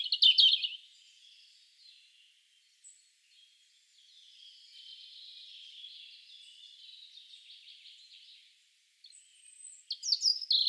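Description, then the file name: European robin with a sharp high phrase at the start, a soft rippling warble through the middle, and another bright tumbling phrase at the end. "Erithacus rubecula"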